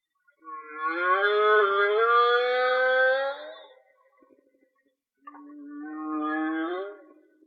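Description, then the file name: Whale song: a long, drawn moan with rich, stacked harmonics that rises gently, a short pause, then a second lower, steadier moan. "Whale Song-colin"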